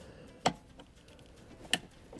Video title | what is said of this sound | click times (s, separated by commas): Tesla Model 3/Y Rear Climate, Heated Seats & Music Control Screen - Your Passenger will Love it! | Make sure it clicks. | 1.7 s